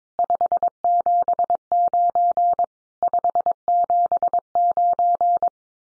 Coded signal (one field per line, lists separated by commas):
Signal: Morse code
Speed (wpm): 22 wpm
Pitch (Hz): 700 Hz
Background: none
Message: 579 579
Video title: Common QSO Phrases Encore 22wpm